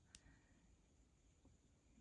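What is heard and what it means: A clasp on a finished beaded necklace strung on flex wire is closed after being a little off at first. A single sharp click at 0.1 s over quiet background hiss shows it has locked into place.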